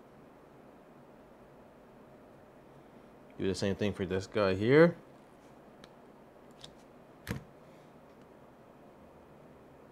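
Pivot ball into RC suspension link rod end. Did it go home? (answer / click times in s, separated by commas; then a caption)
no / none. Someone talks while pressing a pivot ball into a second plastic RC suspension link rod end. Only a few faint, brief ticks follow after the speech, and the ball does not snap in. The link is taken to be wearing out.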